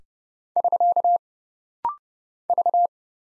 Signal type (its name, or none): Morse code